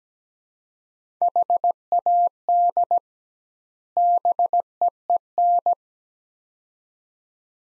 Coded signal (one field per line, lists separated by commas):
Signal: Morse code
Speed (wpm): 17 wpm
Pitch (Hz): 700 Hz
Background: none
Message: HAD BEEN